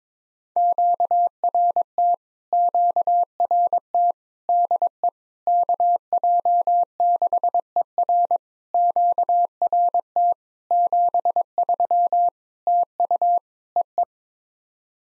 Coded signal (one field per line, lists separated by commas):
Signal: Morse code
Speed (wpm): 22 wpm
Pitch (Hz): 700 Hz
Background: none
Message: QRT QRT DE KJ6ER QRT 73 TU EE